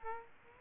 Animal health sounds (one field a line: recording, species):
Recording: mosquito wingbeat signal from an infrared sensor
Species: Aedes aegypti